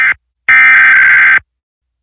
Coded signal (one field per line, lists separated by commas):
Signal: Emergency Alert System (SAME) tones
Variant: header bursts